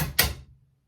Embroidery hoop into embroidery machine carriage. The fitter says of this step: like little fingers and then you'll hear a click and you'll know it's in place